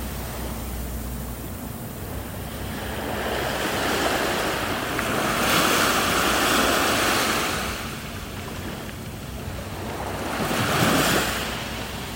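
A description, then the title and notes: Ocean waves wash in steadily, with a constant hissing roar of surf. Swells build around five to seven seconds and again near eleven seconds as waves break. Low wind rumble buffets the microphone throughout. Monterey Bay Ocean Waves.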